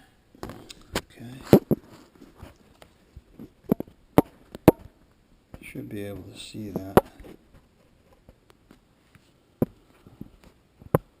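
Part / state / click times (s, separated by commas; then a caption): male bullet connector into its female socket on the motorcycle wiring / seated / 11.0 s. A loose bullet connector in a motorcycle's neutral-switch wiring is pushed back together by hand, the male bullet going into its female socket, while someone talks. Several sharp handling taps are heard before a distinct click at 11.0 s, and the connector is seated.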